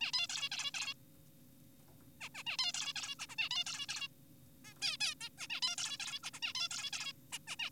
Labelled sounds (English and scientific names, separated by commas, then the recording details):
Zebra Finch (Taeniopygia guttata)
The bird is an adult
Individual g4p5U